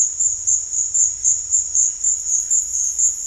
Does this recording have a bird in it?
no